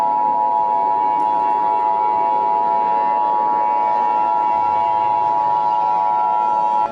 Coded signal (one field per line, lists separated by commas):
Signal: Emergency Alert System (SAME) tones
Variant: 853 and 960 Hz attention tone